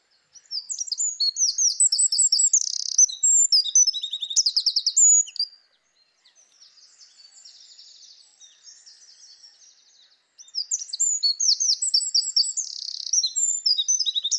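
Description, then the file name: Eurasian wren song in two loud bursts of high rapid notes and trills, separated by a softer, fainter twittering passage of about four seconds. "Troglodytes troglodytes"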